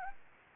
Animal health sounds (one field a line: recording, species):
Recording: mosquito wingbeat signal from an infrared sensor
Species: Anopheles gambiae